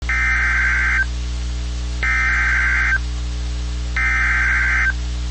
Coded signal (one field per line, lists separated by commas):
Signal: Emergency Alert System (SAME) tones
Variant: header bursts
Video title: Severe Thunderstorm Warning (4/17/26) [EAS #368]